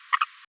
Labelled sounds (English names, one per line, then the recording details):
Green-rumped Parrotlet babbling
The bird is a female
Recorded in a nest box in Venezuela
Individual 17B73B3